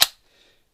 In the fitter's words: locks in just fine now this thing